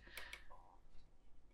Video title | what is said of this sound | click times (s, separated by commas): Build the Ferrari F40 Competizione - Part 49-52 - Dashboard Components and Frame Assembly | So then when I push this, you can hear that click. | 0.2 s, 0.3 s